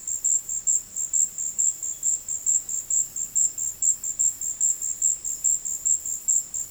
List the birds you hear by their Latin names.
none